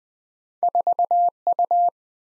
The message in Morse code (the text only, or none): 4U